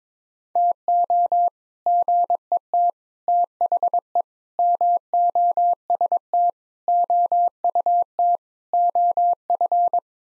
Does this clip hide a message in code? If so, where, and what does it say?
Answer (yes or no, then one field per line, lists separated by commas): yes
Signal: Morse code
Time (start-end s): 0.6-10.0 s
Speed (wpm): 22 wpm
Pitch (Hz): 700 Hz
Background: none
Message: TO GET THE MOST OUT OF